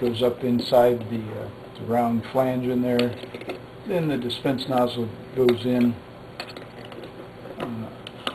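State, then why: Seated. Someone talks while a plastic dispense nozzle is pushed up into the round spray-head flange of a Bloomfield 8572 coffee brewer, over the rubber O-ring gasket, and then twisted. A few light plastic clicks and scrapes follow the speech. A sharp click at 8.3 s marks the nozzle locking in place.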